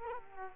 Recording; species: mosquito wingbeat signal from an infrared sensor; Culex quinquefasciatus